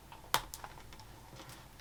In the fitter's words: Flip it over and put the backs on, and you'll hear a little click.